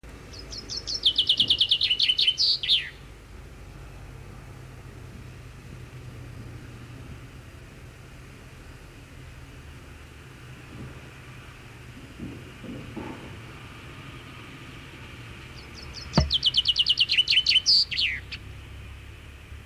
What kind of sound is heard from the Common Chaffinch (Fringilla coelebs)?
song